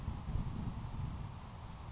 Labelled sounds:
Grasshopper Sparrow
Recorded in Sonoma County, California

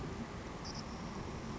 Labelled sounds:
Savannah Sparrow
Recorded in Sonoma County, California

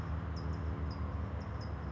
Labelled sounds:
California Towhee
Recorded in Sonoma County, California

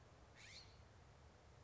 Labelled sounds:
California Scrub-Jay
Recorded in Sonoma County, California

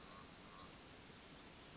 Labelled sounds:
Western Flycatcher
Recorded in Sonoma County, California

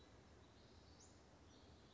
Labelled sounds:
Western Flycatcher
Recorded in Sonoma County, California

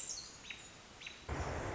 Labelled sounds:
Pacific Wren
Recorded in Sonoma County, California

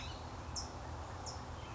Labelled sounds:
California Towhee
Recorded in Sonoma County, California

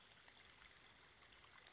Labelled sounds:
Western Flycatcher
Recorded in Sonoma County, California

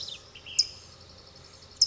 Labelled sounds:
Ash-throated Flycatcher
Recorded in Sonoma County, California

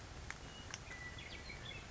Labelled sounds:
Western Meadowlark
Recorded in Sonoma County, California

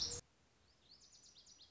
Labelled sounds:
Lazuli Bunting
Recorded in Sonoma County, California

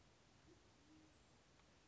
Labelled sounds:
Band-tailed Pigeon
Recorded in Sonoma County, California

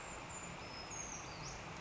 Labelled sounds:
Brown Creeper
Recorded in Sonoma County, California

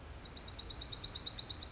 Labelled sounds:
Dark-eyed Junco
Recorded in Sonoma County, California

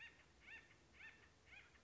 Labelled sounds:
Acorn Woodpecker
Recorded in Sonoma County, California

